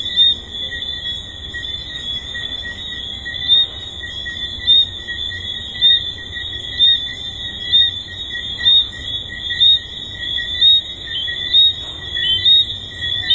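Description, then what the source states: Tree frog chorus, a steady high ringing with many short whistled notes. Several tree frogs recorded at the Hedonism II resort.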